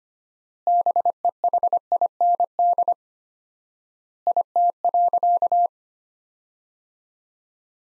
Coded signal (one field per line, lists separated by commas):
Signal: Morse code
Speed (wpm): 25 wpm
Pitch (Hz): 700 Hz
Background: none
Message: BEHIND IT.